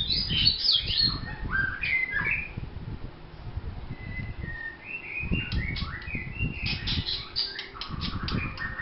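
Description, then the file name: White-rumped shama song: bursts of varied clear whistles and slurred notes, with low dull thumping noises underneath. Vietnam. "shama vietnam omkicau"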